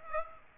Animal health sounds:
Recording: mosquito wingbeat signal from an infrared sensor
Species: Aedes aegypti

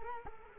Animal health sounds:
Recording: mosquito wingbeat signal from an infrared sensor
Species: Culex quinquefasciatus

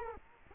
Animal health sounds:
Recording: mosquito wingbeat signal from an infrared sensor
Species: Culex quinquefasciatus

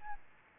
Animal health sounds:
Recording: mosquito wingbeat signal from an infrared sensor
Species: Aedes albopictus

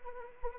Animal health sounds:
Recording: mosquito wingbeat signal from an infrared sensor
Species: Anopheles arabiensis

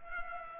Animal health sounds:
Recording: mosquito wingbeat signal from an infrared sensor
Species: Culex pipiens

